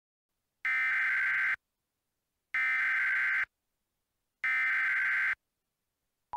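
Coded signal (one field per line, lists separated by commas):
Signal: Emergency Alert System (SAME) tones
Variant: header bursts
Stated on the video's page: Mock EAS scenario recreating the May 30, 2004 severe weather outbreak.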